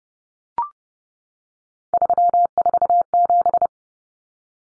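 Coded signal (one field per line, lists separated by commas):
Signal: Morse code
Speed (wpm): 30 wpm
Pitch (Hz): 700 Hz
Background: none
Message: 347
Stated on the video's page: Head-copy drill of three-digit numbers sent in Morse at 30 wpm, each number sent, then spoken, then sent again.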